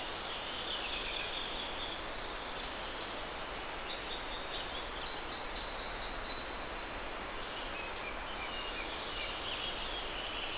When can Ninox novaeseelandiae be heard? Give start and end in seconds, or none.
none